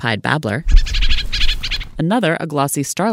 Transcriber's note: drongo call